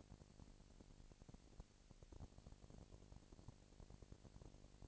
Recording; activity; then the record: daily activity, microphone in the room; no activity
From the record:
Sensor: 5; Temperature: 19.8 degrees Celsius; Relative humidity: 36.7%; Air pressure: 997.2 hPa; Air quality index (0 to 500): 169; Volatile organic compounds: 14 ppm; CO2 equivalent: 2444 ppm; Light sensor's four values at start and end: 2/3/1/1 and 2/3/1/1